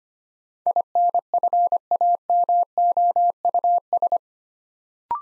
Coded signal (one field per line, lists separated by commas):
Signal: Morse code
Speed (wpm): 25 wpm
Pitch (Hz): 700 Hz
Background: none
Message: INFAMOUS